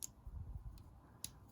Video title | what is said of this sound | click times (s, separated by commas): Bakugan: Battle Planet; Aurelus Pyravian Ultra Unboxing | and then just push it down so it snaps into place there. | 0.0 s, 1.2 s